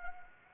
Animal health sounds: mosquito wingbeat signal from an infrared sensor; Anopheles gambiae

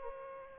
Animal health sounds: mosquito wingbeat signal from an infrared sensor; Aedes aegypti

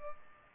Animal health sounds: mosquito wingbeat signal from an infrared sensor; Culex pipiens

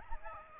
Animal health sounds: mosquito wingbeat signal from an infrared sensor; Aedes aegypti

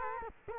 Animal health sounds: mosquito wingbeat signal from an infrared sensor; Culex quinquefasciatus

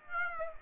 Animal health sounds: mosquito wingbeat signal from an infrared sensor; Aedes aegypti

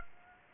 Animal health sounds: mosquito wingbeat signal from an infrared sensor; Aedes aegypti

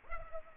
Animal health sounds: mosquito wingbeat signal from an infrared sensor; Culex pipiens

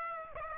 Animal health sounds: mosquito wingbeat signal from an infrared sensor; Aedes aegypti

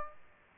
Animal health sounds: mosquito wingbeat signal from an infrared sensor; Aedes aegypti

